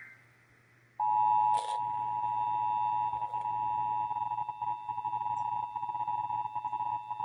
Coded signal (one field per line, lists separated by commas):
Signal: Emergency Alert System (SAME) tones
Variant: 853 and 960 Hz attention tone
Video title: (EAS #941-949) October 2025 Texas Required Monthly Test